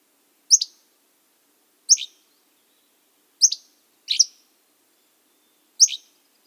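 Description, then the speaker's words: Hammond's Flycatcher giving five short, dry, high burry calls at irregular intervals, otherwise quiet. Call drier and burrier than Pacific-slope Flycatcher; common at mid-elevation in the drier northeast Olympics, heard on summer hikes. "you'll notice its call is a little bit drier and what I call burrier than the Pacific Slope Flycatcher."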